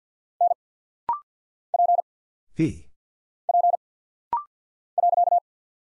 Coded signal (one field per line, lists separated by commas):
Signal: Morse code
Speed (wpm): 50 wpm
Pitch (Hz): 700 Hz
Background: none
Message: N P P .